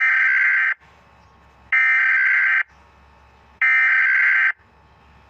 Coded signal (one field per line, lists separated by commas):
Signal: Emergency Alert System (SAME) tones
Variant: header bursts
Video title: Day 1 Of Rating EAS Alarms